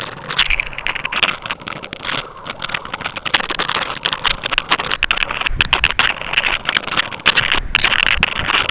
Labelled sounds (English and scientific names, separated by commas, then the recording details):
none
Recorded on Arctic tundra, site UTQI-5, on 12 June 2019
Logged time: 00:00